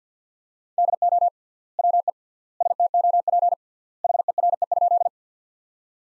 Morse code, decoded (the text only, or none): DO WE STOP HERE?